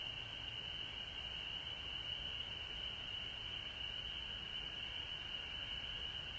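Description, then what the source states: Continuous frog chorus, steady high-pitched trilling from many callers, unchanging throughout, with faint low-frequency noise. Frogs recorded at home in Georgia on March 19, 2020.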